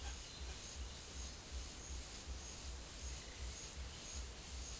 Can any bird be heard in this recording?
no